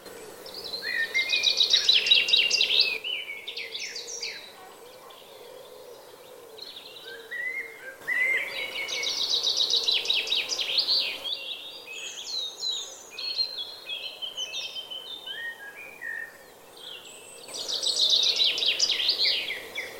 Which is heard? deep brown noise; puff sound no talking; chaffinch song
chaffinch song